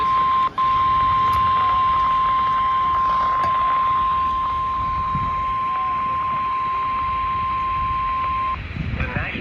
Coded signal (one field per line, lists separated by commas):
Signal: Emergency Alert System (SAME) tones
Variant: 1050 Hz attention tone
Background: speech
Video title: Virginia Beach Vacay - Alerts from 9/6/25 | EAS #1543 - 1546